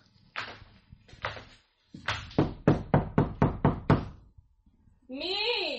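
Two separate knocks on the door of a second-floor home, then a quick, loud run of about seven raps in steady rhythm, followed by a wavering, warbling high electronic tone.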